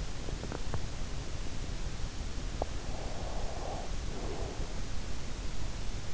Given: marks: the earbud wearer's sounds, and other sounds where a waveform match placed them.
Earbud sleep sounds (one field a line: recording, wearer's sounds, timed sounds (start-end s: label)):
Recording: sounds in sleep by an in-ear microphone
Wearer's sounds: teeth grinding, breath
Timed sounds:
0.06-2.83 s: teeth grinding
2.94-5.23 s: breath